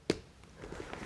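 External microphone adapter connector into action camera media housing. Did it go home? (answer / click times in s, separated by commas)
yes / 0.1 s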